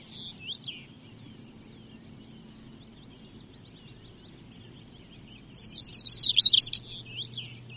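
European stonechat: a few faint high notes, a pause of several seconds, then a loud burst of rapid scratchy twittering near the end.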